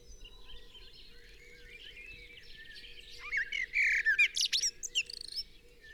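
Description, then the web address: Common blackbird song: quiet at first, then a loud burst of high, scratchy twittering notes for about two seconds near the end. "SETE Turdus merula 180718"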